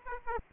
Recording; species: mosquito wingbeat signal from an infrared sensor; Aedes aegypti